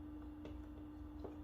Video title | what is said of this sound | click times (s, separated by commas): How to Disassemble the iRobot Roomba i-Series models | There you go, snapped in there. | 0.5 s